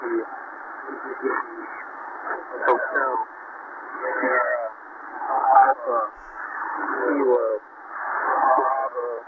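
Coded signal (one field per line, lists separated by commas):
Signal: coded military voice message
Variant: Emergency Action Message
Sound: voice over single-sideband radio reading phonetic-alphabet letters such as Alpha and Delta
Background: radio static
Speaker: so if there were ever to be an order to launch nuclear missiles it would sound something like this message that I received on shortwave it is 8992 kilow USB the time is 2053 UTC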